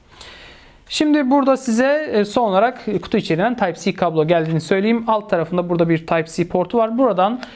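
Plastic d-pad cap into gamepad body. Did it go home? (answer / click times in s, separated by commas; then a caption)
yes / 0.2 s. A removable plastic directional-pad cap is lined up by its small arrow marker and pressed onto the body of a Pusat Clutch gamepad. A single sharp click at 0.2 s marks the cap seating in place. Someone then talks for the rest of the clip.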